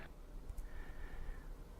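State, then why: Not seated. Hands handle the spring clamp inside a SUNCLIX solar PV connector insert, closing it over the stripped wire end. Low handling rumble plays throughout, with brief faint hiss bursts near 0.5 and 0.6 seconds and a faint steady tone from about 0.7 to 1.5 seconds. The clamp has not snapped shut or seated yet, and no click is heard.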